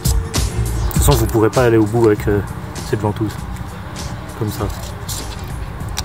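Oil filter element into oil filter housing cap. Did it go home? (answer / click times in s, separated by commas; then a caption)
yes / 6.0 s. On a Mercedes A-Class A160 (W176), a new paper oil filter element is pushed onto the plastic oil filter housing cap while someone talks. A sharp click at 5.98 s marks the element clipping into place, and it is seated.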